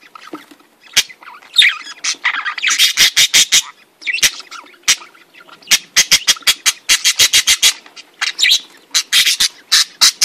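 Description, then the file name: Budgerigars in loud chatter, rapid repeated clicking and buzzy notes in fast runs, with squawky warbles between. "Canto do periquitos ingleses"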